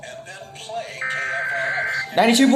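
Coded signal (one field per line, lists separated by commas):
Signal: Emergency Alert System (SAME) tones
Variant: header bursts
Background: speech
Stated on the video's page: Real EAS tests caught on the 2021 National Periodic Test day, including Required Weekly Tests and the FEMA national test.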